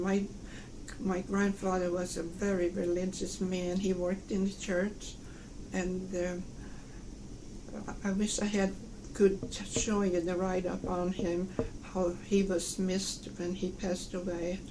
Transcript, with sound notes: My - my grandfather was a very religious man, he worked in the church, and their - I wish I had - [tapping noise] could show you the write-up on him, how he was missed when he passed away.